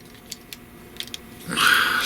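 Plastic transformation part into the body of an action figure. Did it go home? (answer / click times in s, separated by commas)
no / none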